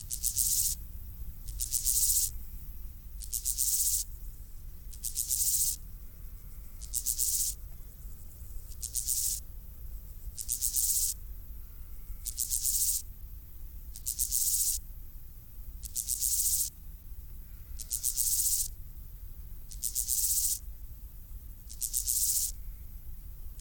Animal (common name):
Steppe Grasshopper